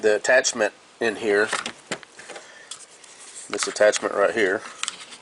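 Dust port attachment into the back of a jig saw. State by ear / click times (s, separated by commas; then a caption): seated / 4.9 s. Someone talks while the plastic vacuum/blower dust port attachment is pushed into the back of a Ridgid 18V R8832B brushless cordless jig saw. A short, sharp snap is heard at 4.9 s as the attachment seats in place.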